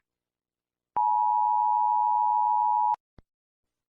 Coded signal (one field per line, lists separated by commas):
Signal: Emergency Alert System (SAME) tones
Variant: 853 and 960 Hz attention tone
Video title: EAS Scenario Analog Horror Announcement